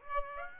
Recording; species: mosquito wingbeat signal from an infrared sensor; Aedes aegypti